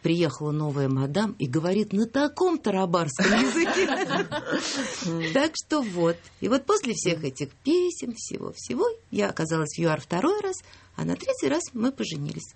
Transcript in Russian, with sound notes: «Приехала новая мадам и говорит на таком тарабарском языке…» (смех) Так что вот. И вот после всех этих писем, всего-всего, я оказалась в ЮАР второй раз, а на третий раз мы поженились.